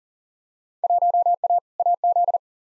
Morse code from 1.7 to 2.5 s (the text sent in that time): AZ